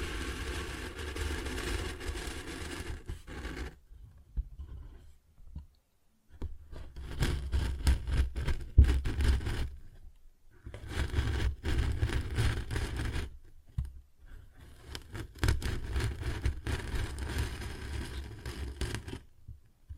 Paper Bag Tapping and Scratching Sounds